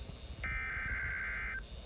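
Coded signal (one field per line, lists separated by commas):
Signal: Emergency Alert System (SAME) tones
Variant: header bursts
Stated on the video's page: Missoula Required Monthly Test run on a Saturday, the first on a weekend.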